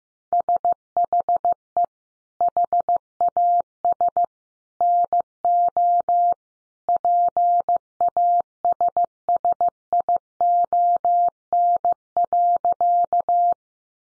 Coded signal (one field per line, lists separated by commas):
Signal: Morse code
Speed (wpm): 15 wpm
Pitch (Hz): 700 Hz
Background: none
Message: SHE HAS NO PASSION.